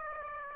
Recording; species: mosquito wingbeat signal from an infrared sensor; Aedes aegypti